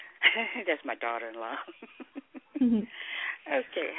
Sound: laughter

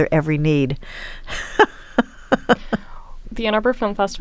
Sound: laughter

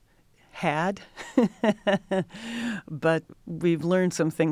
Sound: laughter

